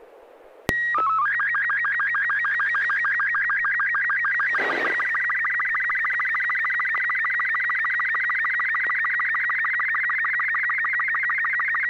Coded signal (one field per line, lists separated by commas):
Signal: SSTV (slow-scan television)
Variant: Robot 36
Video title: N6NA SSTV Net - 12/29/2021